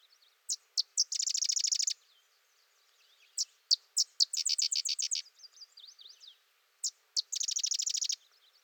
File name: Sedge Wren singing close for over 3 minutes